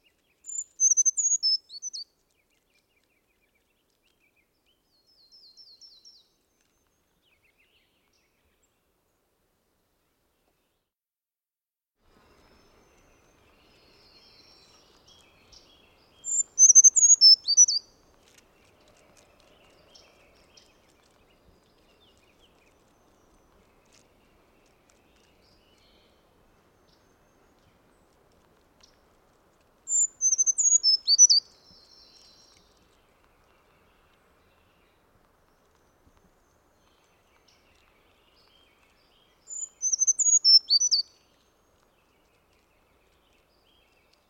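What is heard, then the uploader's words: A brown creeper gives short, very high, thin songs, roughly every twelve seconds, each a quick tumble of wavering notes lasting about two seconds. Softer, fainter high calls fall between them. The background is otherwise nearly silent, with no low sounds. Brown Creeper.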